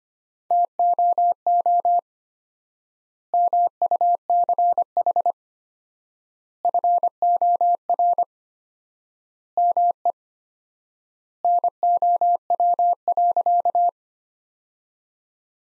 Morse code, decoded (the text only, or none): TOO MUCH FOR ME NOW.